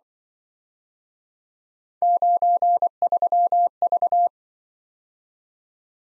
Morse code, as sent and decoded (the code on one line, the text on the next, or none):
----. ...-- ...-
93V